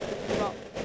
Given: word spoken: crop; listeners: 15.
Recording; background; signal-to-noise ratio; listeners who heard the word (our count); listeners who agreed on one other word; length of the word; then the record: one English word in noise, from a listening test; noise modulated by three-talker babble; -4.5 dB; 1 of 15; 7 of 15; 0.45 s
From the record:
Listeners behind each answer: 7, 5, 1, 1, 1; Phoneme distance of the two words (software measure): 10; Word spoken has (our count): 1 syllable, 4 phonemes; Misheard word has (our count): 1 syllable, 4 phonemes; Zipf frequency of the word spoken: 4.10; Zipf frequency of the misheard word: 4.90